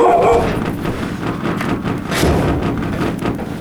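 A household dog barks at home amid a steady, rough wash of background noise, with one sharper, louder burst standing out partway through.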